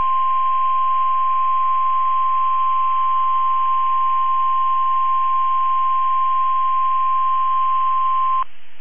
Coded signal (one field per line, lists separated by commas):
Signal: Emergency Alert System (SAME) tones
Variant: 1050 Hz attention tone